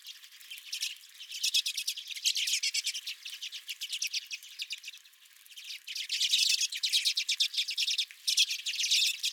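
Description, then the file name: Redpolls chattering, loud fast rattling trills from several birds, a brief lull midway then renewed busy calling. Several redpolls at the recordist's feeder. "Redpolls at My Feeder"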